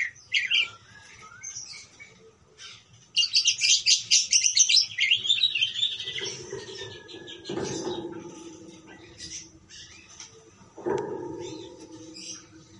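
Parakeet calls: scattered high chirps, then a rapid buzzy warble, followed by softer twittering and two dull knocks.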